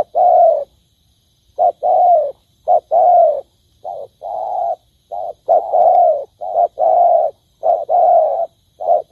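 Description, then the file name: Spotted dove cooing, mellow low coos of varying length repeated with brief pauses; a faint steady high tone in the background. "tieng cu dat gay"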